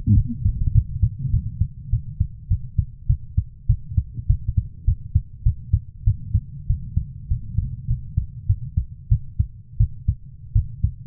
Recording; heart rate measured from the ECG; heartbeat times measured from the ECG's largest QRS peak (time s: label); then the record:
heart sounds by stethoscope; 98 bpm
0.15 s: heartbeat
0.73 s: heartbeat
1.31 s: heartbeat
1.90 s: heartbeat
2.48 s: heartbeat
3.07 s: heartbeat
3.67 s: heartbeat
4.27 s: heartbeat
4.85 s: heartbeat
5.44 s: heartbeat
6.05 s: heartbeat
6.67 s: heartbeat
7.28 s: heartbeat
7.88 s: heartbeat
8.47 s: heartbeat
9.09 s: heartbeat
9.78 s: heartbeat
10.53 s: heartbeat
From the record:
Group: healthy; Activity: cold pressor test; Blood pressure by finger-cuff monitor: 121/76 mmHg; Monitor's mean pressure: 95 mmHg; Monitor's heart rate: 102 bpm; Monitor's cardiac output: 7.8 L/min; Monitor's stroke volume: 77 mL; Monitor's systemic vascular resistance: 890 dyn s/cm5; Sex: female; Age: 24 years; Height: 163 cm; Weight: 55.7 kg